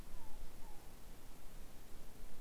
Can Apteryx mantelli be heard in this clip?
no